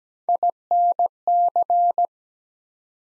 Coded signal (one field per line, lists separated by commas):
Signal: Morse code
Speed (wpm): 17 wpm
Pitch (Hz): 700 Hz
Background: none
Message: INC